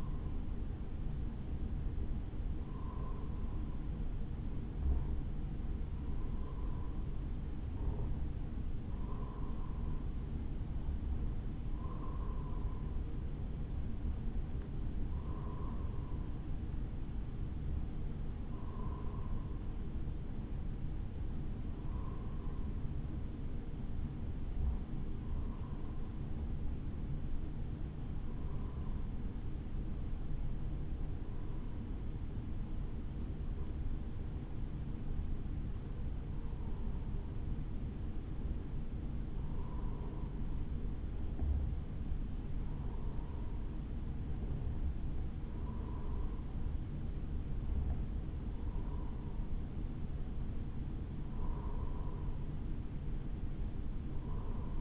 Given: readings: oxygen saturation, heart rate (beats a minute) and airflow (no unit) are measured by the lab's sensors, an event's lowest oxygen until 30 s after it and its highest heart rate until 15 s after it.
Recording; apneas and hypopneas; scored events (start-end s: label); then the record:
breathing in sleep by a smartphone at the bedside; 1
13.00-43.00 s: new sleep stage, N2 (light sleep)
25.00-42.90 s: hypopnea (N2, oxygen 94% highest, then 93% lowest, heart rate 54 at the start, 59 highest)
43.00-54.81 s: new sleep stage, N1 (lightest sleep)
From the record:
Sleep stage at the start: N1 (lightest sleep); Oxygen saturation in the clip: 93 to 94%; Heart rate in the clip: 52 to 60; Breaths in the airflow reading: 18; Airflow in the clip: -2.4 to 3.4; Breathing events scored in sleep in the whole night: 216 in 7.0 hours asleep